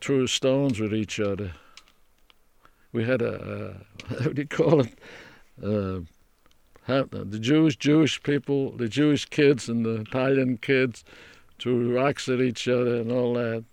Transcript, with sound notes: Threw, threw stones at each other. We had a, what do you call it? (he laughs) The Jewish, Jewish people, the Jewish kids and the Italians kids threw rocks and each other and all that.